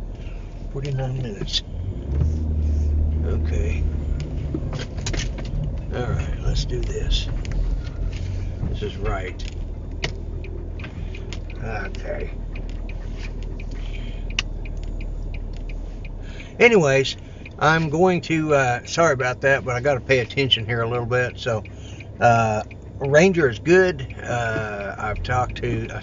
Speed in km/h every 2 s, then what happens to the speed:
8, 15, 13, 8, 0, 0, 0, 0, 0, 0, 0, 0, 2.
4-8 slows to 0. 8-26 standing.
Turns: 1-4.